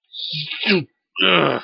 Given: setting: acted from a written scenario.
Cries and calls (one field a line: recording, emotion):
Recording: vocal sound without words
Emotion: shame